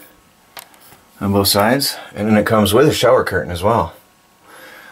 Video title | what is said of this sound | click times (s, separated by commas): Finishing My Tiny House Shower Installation | it just hangs up in here it snaps in place | 0.6 s